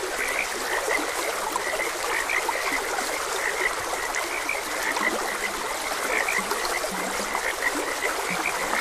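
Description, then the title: Frogs croaking steadily in many overlapping bright notes, with occasional lower, longer croaks toward the end, over a babbling stream. Frogs croaking beside a gentle stream. "Gentle Stream and Frogs Croaking"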